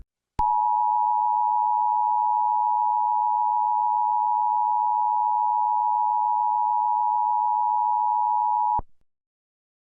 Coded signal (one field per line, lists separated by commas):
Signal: Emergency Alert System (SAME) tones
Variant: 853 and 960 Hz attention tone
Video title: WASHINGTON D.C. EAS ALARM 🇺🇸